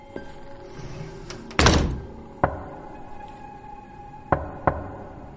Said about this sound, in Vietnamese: Lời còn chưa xong thì tiếng gõ cửa lại tiếp tục vang lên. Anh ơi, có phải là tiếng gõ cửa hả? Đúng không? Để im tao nghe.